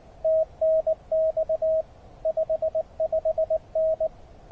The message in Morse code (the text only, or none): TNX 55N